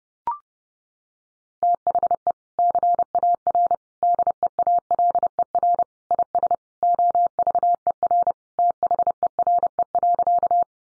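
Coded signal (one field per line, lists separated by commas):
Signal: Morse code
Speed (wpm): 30 wpm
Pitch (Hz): 700 Hz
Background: none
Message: THE CAR DEALER IS OVER THERE.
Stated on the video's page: Practice sentences from the top 1100 words sent in Morse at 30 wpm, each sent twice for head-copy training.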